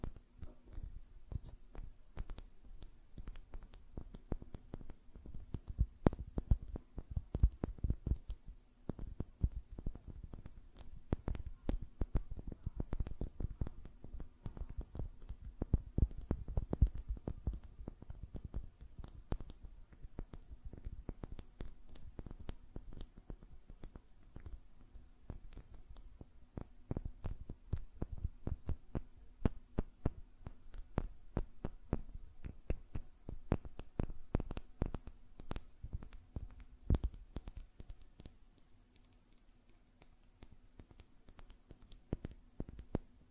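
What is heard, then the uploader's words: Fingernails tap and flutter in quick, dense runs of small clicks, mostly soft with a low thud beneath. The tapping barely pauses, thinning briefly around eight and forty seconds. A faint steady hum sits underneath throughout. ASMR Tapping on Nails, Finger Fluttering, Hand Sounds (No Talking).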